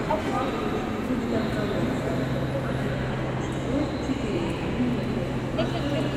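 Busy ambience at Yaroslavsky railway station in Krasnoselsky district, Moscow, Russia: a constant murmur of many indistinct voices over a low, steady hum, with faint clatter and footsteps mixed in and no single sound standing out.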